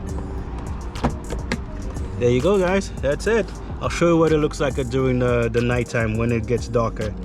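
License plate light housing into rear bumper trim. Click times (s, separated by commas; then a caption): 1.0 s, 1.5 s. On a 2023 GR Corolla, after an LED bulb is swapped in, the plastic license plate light housing is lined up with its small clips and pressed back into the rear bumper trim. Sharp clicks come at 1.1 s and 1.5 s as it seats. Music plays in the background and someone talks from about 2.2 s on.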